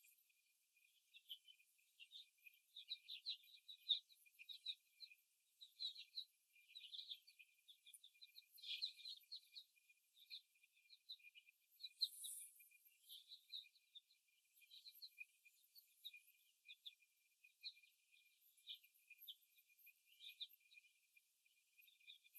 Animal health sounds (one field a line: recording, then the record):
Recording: young laying hens in a cage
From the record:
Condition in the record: before the stressor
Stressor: simulated dog barking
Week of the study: 1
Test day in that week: 2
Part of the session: 4